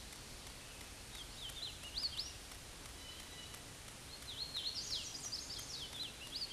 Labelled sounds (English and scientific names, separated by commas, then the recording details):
Hooded Warbler (Setophaga citrina) song
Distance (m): 40 m
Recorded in a Pennsylvania forest on 18 May 2023 at 11:01
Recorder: AudioMoth, point grid1_32_low
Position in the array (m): 131 m, 104 m